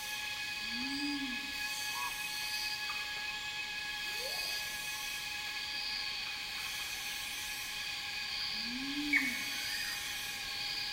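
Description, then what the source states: Cicadas keep up a steady shrill buzzing, while a low hooting call arches twice, near the start and near the end, with faint bird notes between. Cicadas in a rainforest, heard together with birds.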